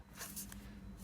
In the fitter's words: that slides down until that clip clicks into place and that's fitted